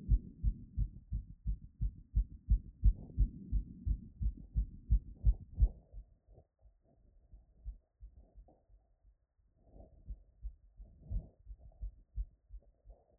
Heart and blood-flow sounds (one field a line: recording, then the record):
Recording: heart sounds by stethoscope after running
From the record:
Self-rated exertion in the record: moderate exertion (3 of 6)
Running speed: 5 mph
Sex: female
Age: 18 years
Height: 171 cm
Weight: 75 kg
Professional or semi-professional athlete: no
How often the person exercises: 1 to 2 times a week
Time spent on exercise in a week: under 1 hour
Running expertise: no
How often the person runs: 1 to 2 times a week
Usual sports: running, fencing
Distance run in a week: 3 km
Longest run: 21.3 km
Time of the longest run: 190 minutes